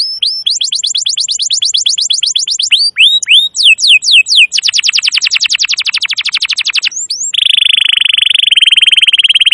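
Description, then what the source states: Canary singing a fast high trill, then a few loud slurred whistles, a quick rattling run, and a dense buzzy trill to finish. Recording made as a lure to attract birds.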